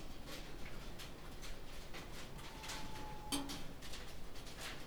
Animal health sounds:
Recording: poultry house recording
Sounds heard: healthy chickens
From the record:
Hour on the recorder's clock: 18

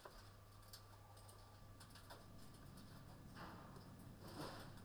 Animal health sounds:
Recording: poultry house recording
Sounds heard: no chicken sound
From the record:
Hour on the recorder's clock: 21

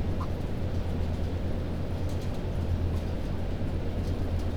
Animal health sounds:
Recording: poultry house recording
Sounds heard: healthy chickens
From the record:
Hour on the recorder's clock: 1

